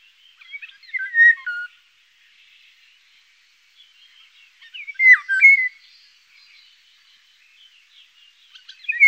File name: Eurasian Golden Oriole